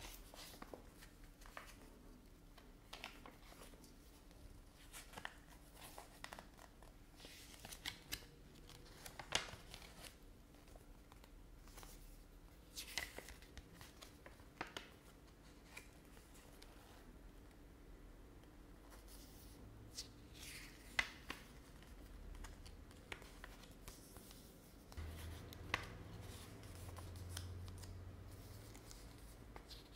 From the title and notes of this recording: ASMR Tapping and Scratching Sounds with Long Nails (Various Objects).